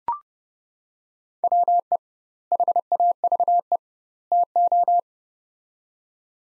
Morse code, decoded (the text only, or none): WE HAVE TO